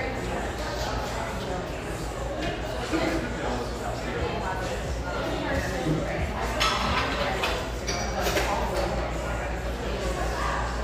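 Busy café background of many overlapping voices talking at once, a steady dense murmur with no single speaker standing out. Occasional brief clinks and knocks of cups or dishes cut through, around three, seven and eight seconds, over a constant low hum.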